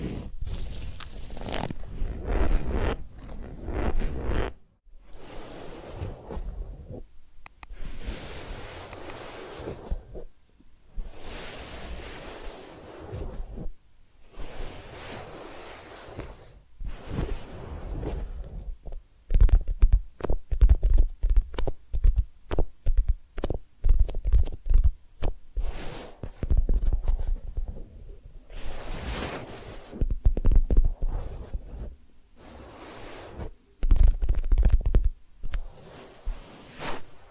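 Massage and ear-cleaning sounds: a steady run of soft rubbing, scratching and crackling strokes, broken by short pauses. Brighter hissy swipes come every few seconds among dense little clicks and low thumps, and the sounds grow louder and choppier after about 19 seconds.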